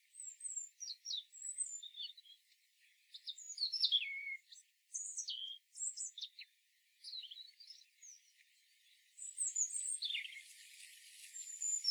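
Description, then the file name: European robin song, rather soft: sequences of thin, high sliding whistles and twitters in short phrases, with a background hiss rising toward the end. "Erithacus rubecula"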